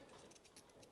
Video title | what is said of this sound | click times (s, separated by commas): Inspector Gadget Meets - Multitool - ROXON FLEX COMPANION & CHAMELEON | You can hear it. You just heard it click. | 0.8 s